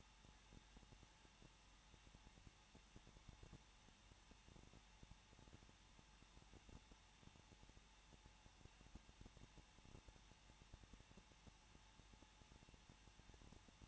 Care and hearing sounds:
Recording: daily activity, microphone in the room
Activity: no activity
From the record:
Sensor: 1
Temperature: 20.1 degrees Celsius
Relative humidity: 39.2%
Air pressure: 1006.3 hPa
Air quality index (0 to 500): 218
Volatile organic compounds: 78 ppm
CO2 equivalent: 3588 ppm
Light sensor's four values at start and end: 1/2/1/1 and 1/2/1/1

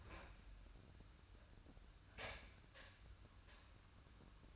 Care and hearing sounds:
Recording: daily activity, microphone in the room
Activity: open fridge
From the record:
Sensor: 2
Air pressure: 994.4 hPa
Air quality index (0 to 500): 213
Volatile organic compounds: 1000 ppm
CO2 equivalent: 7049 ppm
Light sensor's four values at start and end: 88/207/86/85 and 89/208/86/86

